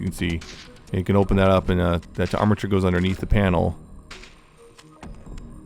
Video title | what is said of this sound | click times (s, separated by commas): Nemesis Transforms Transformers War for Cybertron Unicron | I did not tab it in all the way. | none